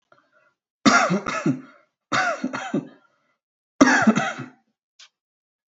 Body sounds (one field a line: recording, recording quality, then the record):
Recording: shallow voluntary cough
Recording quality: excellent, no background noise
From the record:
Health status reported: healthy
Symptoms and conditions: hypertension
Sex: male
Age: 35 years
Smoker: not ticked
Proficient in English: yes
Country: Canada